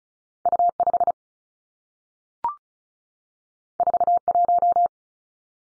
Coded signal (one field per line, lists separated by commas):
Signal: Morse code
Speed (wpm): 36 wpm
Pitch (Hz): 700 Hz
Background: none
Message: U 5 4 1